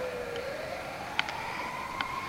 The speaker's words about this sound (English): Now, hold on, we got a little ambulance passing through here. Crap's sake, lie, you ever heard such a racket your whole life?